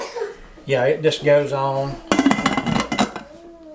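Someone talks, then the metal lid of an old stovetop pressure cooker is handled onto the pot with a burst of metallic clanks and scraping from about 2.1 to 3.2 seconds. The lid has not yet been twisted into place, and nothing has locked or seated by the end of the clip.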